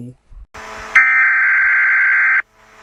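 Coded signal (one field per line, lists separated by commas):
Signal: Emergency Alert System (SAME) tones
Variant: header bursts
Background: speech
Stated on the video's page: Made-up, fictional EAS alert.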